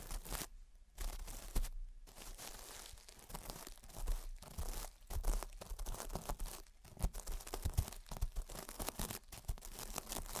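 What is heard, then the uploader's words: Gentle tapping and scratching, with soft crinkly, papery scraping running almost throughout. Short sharp taps land irregularly, a little more often after the midpoint, with brief near-silent pauses near the start and around two and five seconds. A faint low rumble sits underneath. Gentle Tapping and Scratching. (No Talking).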